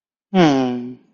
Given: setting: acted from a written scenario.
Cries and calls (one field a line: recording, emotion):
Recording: vocal sound without words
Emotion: romantic love